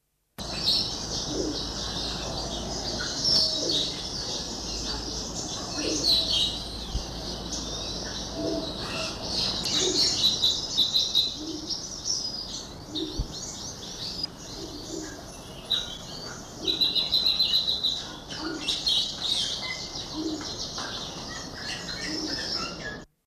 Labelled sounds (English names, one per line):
Pink-necked Green Pigeon call